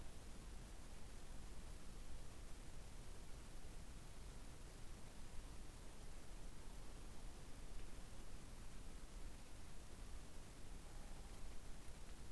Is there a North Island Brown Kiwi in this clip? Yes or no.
no